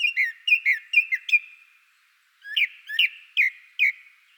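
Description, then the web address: Japanese thrush singing a run of quick bright whistled notes, a short pause, then another run of whistled notes. Wild bird in Hokkaido, Japan. "Google Sounds Sound Matters. Japanese thrush in wild hokkaido"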